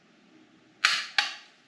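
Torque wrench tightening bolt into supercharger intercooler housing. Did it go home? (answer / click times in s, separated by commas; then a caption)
yes / 0.8 s, 1.2 s. A torque wrench set to 120 inch-pounds tightens a steel bolt into the aluminum intercooler housing of a Kenne Bell Mammoth supercharger. Two sharp clicks ring out at 0.8 s and 1.2 s, each with a bright, briefly decaying tail over a faint background hiss. The wrench clicks at its setting, meaning the bolt has reached the set torque.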